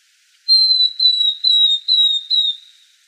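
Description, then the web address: Northern beardless-tyrannulet giving a series of five high, clear whistled notes, each gently descending, delivered at a steady quick pace. Recorded in Arizona on 2 May 2004. "Flycatchers NBTY 050204. deviche"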